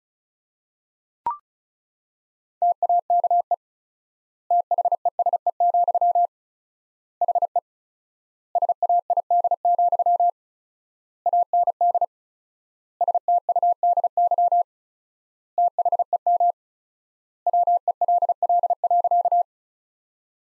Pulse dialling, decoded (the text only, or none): none